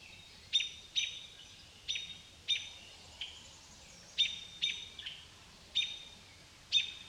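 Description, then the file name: Common blackbird giving sharp, clipped chinking calls, repeated irregularly about every half second to second, with a steady low background hiss. Recorded in countryside. "Amos Pond Blackbirds"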